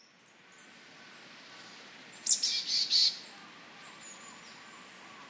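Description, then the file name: Marsh tit call: a single high sharp note followed by a short run of three buzzy chattering notes, otherwise quiet with faint background hiss. Asahikawa; recorded 21 October 2011. "butogara asahikawa mju"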